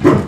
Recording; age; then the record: pig call; growing-finishing pig (85 days or more)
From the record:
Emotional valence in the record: positive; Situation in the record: run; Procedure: transit